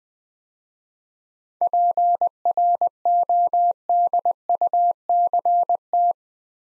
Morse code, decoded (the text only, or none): PRODUCT